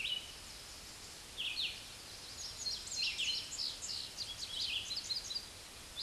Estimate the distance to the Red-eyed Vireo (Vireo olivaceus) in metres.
about 25 m